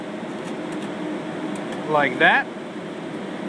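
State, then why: Not seated. An HBA expansion card (PCIe card) is lined up in the PCI slot on a riser in a G5 before being pushed down, against a steady fan-like hum. Someone talks briefly around 1.9–2.4 seconds. Nothing has seated or clicked yet.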